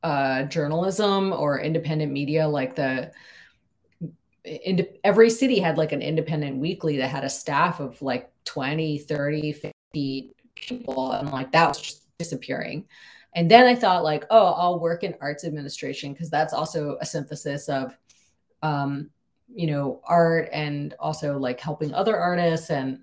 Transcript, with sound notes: journalism or independent media like the--every city had like an independent weekly that had a staff of like, [audio distortion] 20, 30, 50 people and like, that was just disappearing. And then I thought like, "Oh, I'll work in arts administration, because that's also a synthesis of, you know, art and also like, helping other artists and